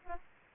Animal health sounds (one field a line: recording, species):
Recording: mosquito wingbeat signal from an infrared sensor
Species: Aedes aegypti